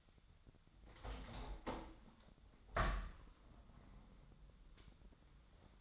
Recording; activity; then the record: daily activity, microphone in the room; open window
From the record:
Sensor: 3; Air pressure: 1006.4 hPa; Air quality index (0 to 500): 188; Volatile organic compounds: 13 ppm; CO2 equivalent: 2388 ppm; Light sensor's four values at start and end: 9/23/9/9 and 10/23/10/10